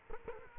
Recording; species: mosquito wingbeat signal from an infrared sensor; Culex quinquefasciatus